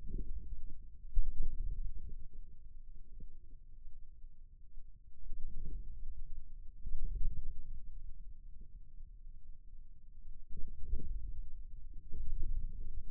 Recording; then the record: forearm muscle sounds (acoustic myography)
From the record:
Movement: inward rotation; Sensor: system 2, bracelet of six BSWA MPA416 microphones around the upper forearm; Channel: 1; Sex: male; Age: 22 years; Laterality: right